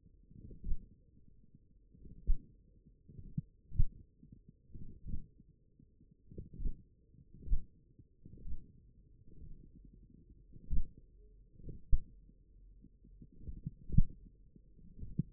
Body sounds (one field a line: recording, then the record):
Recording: forearm muscle sounds (acoustic myography)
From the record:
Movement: hand closing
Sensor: system 1, eight BSWA MPA416 microphones around the upper forearm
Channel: 4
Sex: male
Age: 42 years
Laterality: right